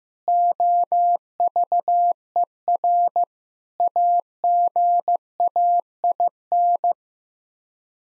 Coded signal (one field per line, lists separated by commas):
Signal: Morse code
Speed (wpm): 16 wpm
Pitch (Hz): 700 Hz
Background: none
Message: OVER AGAIN